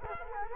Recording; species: mosquito wingbeat signal from an infrared sensor; Culex quinquefasciatus